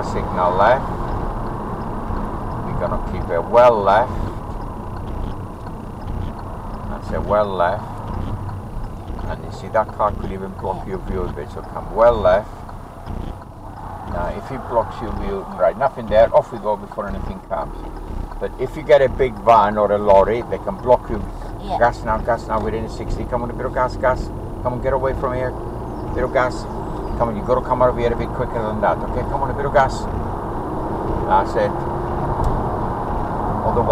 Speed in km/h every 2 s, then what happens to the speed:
52, 45, 37, 29, 18, 13, 11, 6, 0, 0, 0, 19, 32, 40, 47, 55, 63.
0-15 slows to 0. 15-20 standing. 20-34 pulls away to 63.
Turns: 5-14.